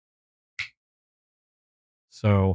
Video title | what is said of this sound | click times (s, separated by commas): New knives for the past week, chat, and my squirrel collection! | see, but it does lock up really nice and secure. | 0.6 s